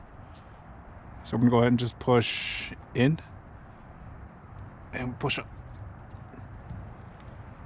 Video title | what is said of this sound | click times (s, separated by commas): HOW TO REPLACE WINDSHIELD WIPERS - TOYOTA COROLLA S | That one didn't click because I was holding the locking tab down, but push | none